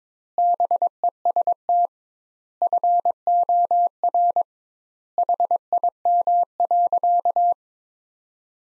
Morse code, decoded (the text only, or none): BEST FOR HIM.